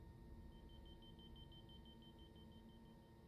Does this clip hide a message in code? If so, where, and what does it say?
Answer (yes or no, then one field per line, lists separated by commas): no